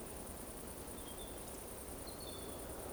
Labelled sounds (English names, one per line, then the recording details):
Eurasian Woodcock whistle
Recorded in Baden-Württemberg, Germany, on 25 June 2020 at 19:51 UTC
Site 14569, 102 m above sea level